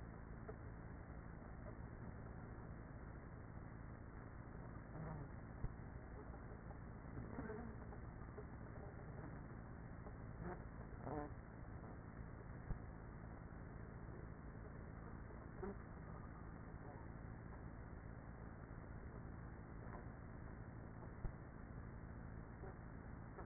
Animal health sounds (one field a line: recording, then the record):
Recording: honeybee colony, microphone inside the hive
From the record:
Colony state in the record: queenless with a low population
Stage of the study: after two queens were removed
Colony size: about 30,000 bees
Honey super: no